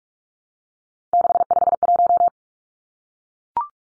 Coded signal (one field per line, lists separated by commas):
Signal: Morse code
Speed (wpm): 44 wpm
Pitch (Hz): 700 Hz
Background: none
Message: 651